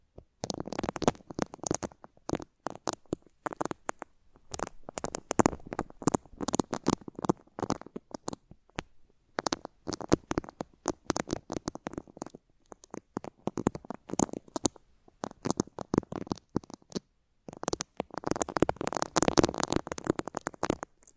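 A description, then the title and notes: Ultra-fine ear touching, heard as dense, rapid crackles and rustling taps that come in quick bursts with brief silent gaps. The sound is bright and crisp, with soft low rumbles under the strokes, and grows busiest in the last few seconds. Ultra-fine ear touch, immersive experience.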